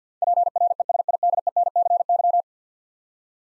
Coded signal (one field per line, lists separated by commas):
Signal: Morse code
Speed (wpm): 50 wpm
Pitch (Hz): 700 Hz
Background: none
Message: PRESIDENCY